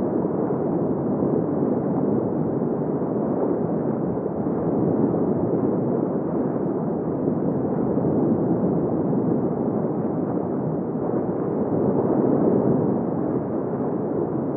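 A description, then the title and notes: A steady, muffled underwater wash fills the whole clip, a dense churning rumble centered in the low and middle range with nothing bright above it. The level holds nearly constant, with slight slow swells around the middle and near the end. The calming sounds of the deep sea. The soothing sounds of the underwater world.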